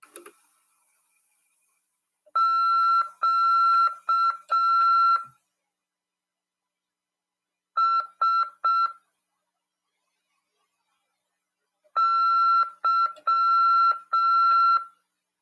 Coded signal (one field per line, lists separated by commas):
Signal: Morse code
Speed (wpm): 6 wpm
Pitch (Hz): 1350 Hz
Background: none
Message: QSY